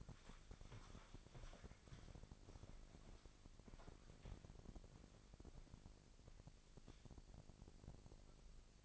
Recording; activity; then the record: daily activity, microphone in the room; walk to room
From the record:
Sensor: 5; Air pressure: 999.5 hPa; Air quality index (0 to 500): 220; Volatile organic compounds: 20 ppm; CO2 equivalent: 2692 ppm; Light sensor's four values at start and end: 34/78/31/30 and 35/81/32/31